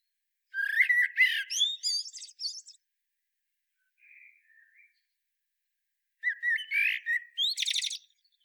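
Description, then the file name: Eurasian blackbird song: two rich fluty phrases about six seconds apart. Each opens with a low whistle and breaks into a high, scratchy twittering tail. Faint soft notes fall between them. "Turdus merula"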